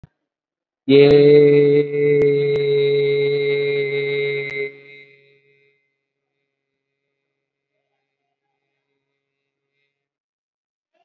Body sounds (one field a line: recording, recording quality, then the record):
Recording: sustained vowel as in made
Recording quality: excellent, no background noise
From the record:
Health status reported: COVID-19 positive, moderate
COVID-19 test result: positive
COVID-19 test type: RT-PCR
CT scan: not taken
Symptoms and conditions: cough, cold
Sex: male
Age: 25 years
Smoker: no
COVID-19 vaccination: one dose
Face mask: worn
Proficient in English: yes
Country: India